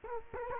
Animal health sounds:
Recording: mosquito wingbeat signal from an infrared sensor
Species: Culex quinquefasciatus

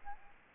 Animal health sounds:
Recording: mosquito wingbeat signal from an infrared sensor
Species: Aedes aegypti

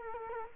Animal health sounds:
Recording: mosquito wingbeat signal from an infrared sensor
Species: Culex quinquefasciatus

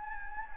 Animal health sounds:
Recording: mosquito wingbeat signal from an infrared sensor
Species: Anopheles gambiae

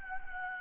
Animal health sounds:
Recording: mosquito wingbeat signal from an infrared sensor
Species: Anopheles gambiae

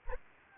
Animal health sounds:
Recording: mosquito wingbeat signal from an infrared sensor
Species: Anopheles gambiae

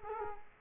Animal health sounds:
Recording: mosquito wingbeat signal from an infrared sensor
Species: Culex quinquefasciatus

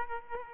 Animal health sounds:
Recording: mosquito wingbeat signal from an infrared sensor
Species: Aedes aegypti

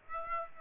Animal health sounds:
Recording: mosquito wingbeat signal from an infrared sensor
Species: Aedes aegypti

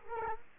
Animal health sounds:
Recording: mosquito wingbeat signal from an infrared sensor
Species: Culex quinquefasciatus

